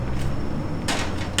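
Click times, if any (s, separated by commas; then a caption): 0.9 s, 1.4 s. The matching fitting on the other side of a Vision bird cage is slid onto the cage frame, giving a broad sliding rasp. It clicks into place at 0.9 s, with a sharper snap at 1.4 s. The part ends up seated.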